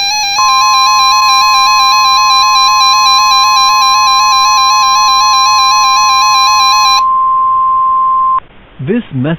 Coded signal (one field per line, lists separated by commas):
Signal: Emergency Alert System (SAME) tones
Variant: 1050 Hz attention tone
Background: speech, music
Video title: EAS Mock: Test Tornado Warning